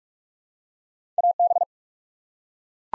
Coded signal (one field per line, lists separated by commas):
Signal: Morse code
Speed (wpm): 42 wpm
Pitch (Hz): 700 Hz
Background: none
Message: AB